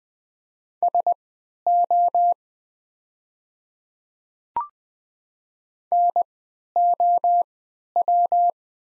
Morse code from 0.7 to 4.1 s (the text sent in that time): SO